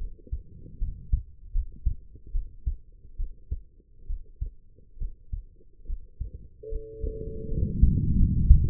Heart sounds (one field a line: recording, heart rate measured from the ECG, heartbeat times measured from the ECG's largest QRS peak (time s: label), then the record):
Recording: heart sounds by stethoscope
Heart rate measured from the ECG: 73 bpm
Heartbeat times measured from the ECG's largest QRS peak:
0.79 s: heartbeat
1.52 s: heartbeat
2.32 s: heartbeat
3.17 s: heartbeat
4.07 s: heartbeat
4.98 s: heartbeat
5.86 s: heartbeat
6.69 s: heartbeat
7.49 s: heartbeat
8.16 s: heartbeat
From the record:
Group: healthy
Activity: rest 0-5 s, Valsalva maneuver 5-9 s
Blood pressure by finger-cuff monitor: 101/71 mmHg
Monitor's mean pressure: 81 mmHg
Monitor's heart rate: 73 bpm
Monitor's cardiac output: 5.4 L/min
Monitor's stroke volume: 73 mL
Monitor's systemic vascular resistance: 1090 dyn s/cm5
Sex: female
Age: 23 years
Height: 160 cm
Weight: 50.4 kg